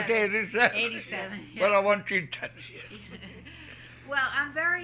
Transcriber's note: they laugh